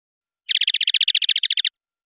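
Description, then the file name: European goldfinch gives a fast, even trill of many bright, buzzy notes lasting just over a second, with no other sounds. "suara burung chardonneret atau goldfinch eropa om kicau"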